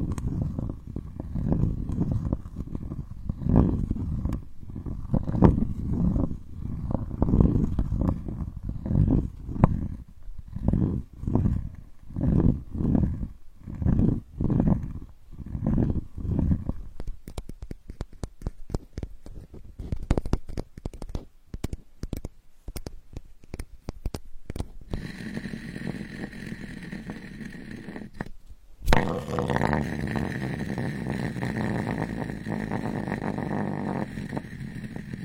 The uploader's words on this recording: Healing sandalwood tapping experience SPA.